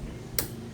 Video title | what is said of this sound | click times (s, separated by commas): Paano i - assemble ang hoyoma pressure washer? | na yon nakakabit na siya naka-lock na siya | 0.4 s